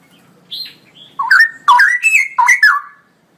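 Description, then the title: Straw-headed bulbul song, a short burst of loud, rich, gurgling notes rising and falling quickly after a few thin high chirps. Male bird, singing constantly in a loud voice with long rolling phrases; recording meant for training other birds. "GILEEE Cucak ROWO Jantan GACOR Suara Lantang ROoo EL Panjang"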